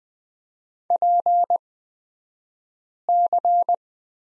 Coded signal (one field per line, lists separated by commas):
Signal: Morse code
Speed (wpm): 20 wpm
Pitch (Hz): 700 Hz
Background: none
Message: PC